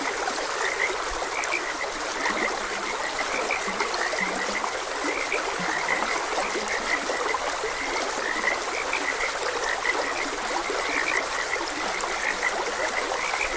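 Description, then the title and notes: Frogs croak in a steady chorus of short, mid-pitched notes repeated throughout, over the constant hiss and trickle of flowing stream water. Frogs croaking beside a gentle stream. "Frogs Croaking. Sleep and Relaxation Podcast"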